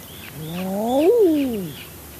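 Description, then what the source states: Common Eider single long crooning coo, slowly rising to a peak and gliding back down, with faint higher bird calls in the background. Eiders, including drakes, communicating with each other.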